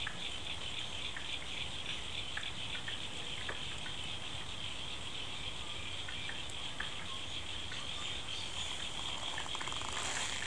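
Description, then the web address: Frog chorus of dense high-pitched trilling with irregular clicking calls, many animals overlapping against steady background noise. After rain, February 2011. "2011 02 ds 106 field recording frogs after rain"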